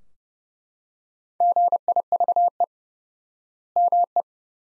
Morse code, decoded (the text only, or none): GIVE ME